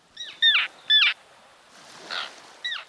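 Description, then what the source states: Common tern giving harsh calls: a faint one, two loud ones in quick succession, then a fainter call and a final call. Several common terns, heard in a BirdNote programme.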